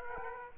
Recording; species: mosquito wingbeat signal from an infrared sensor; Aedes aegypti